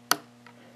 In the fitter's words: that's the click special spring here to lock it when I'm using Servo